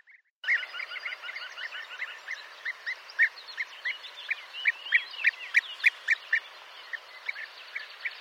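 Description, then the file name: European bee-eater calls: burry, rolling notes repeated roughly three times a second, several birds mixing. "Guepier d Europe"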